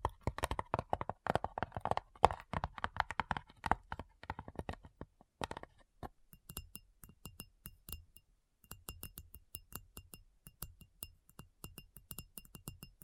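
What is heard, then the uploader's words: Rapid, dense tapping in quick irregular bursts for the first six seconds, then sharper, brighter, more evenly spaced clicking taps with brief pauses. ASMR Addictive Tapping. (No Talking).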